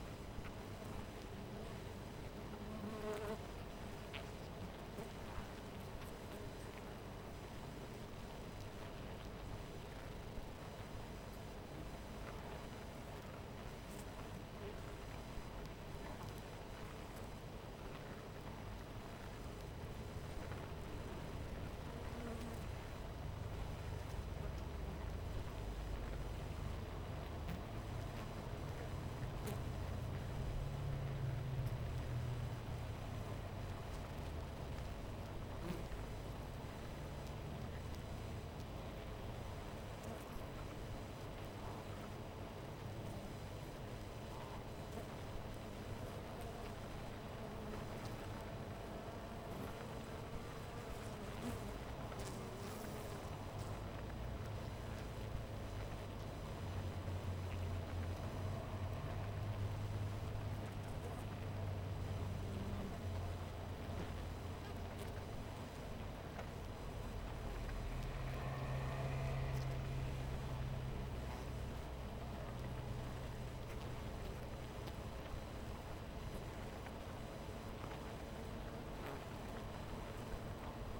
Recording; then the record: honeybee colony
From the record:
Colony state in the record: missing queen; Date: 14 July 2017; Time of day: 13:24